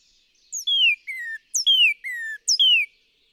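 Northern cardinal singing slurred downward whistles in pairs, high then lower, repeated in a steady rhythm.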